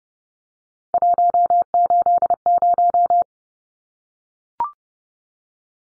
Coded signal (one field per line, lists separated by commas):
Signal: Morse code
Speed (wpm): 30 wpm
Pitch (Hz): 700 Hz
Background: none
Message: 180